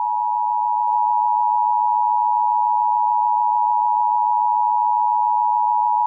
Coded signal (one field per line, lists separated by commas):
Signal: Emergency Alert System (SAME) tones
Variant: 853 and 960 Hz attention tone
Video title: EAS Scenario #10: The Verneshot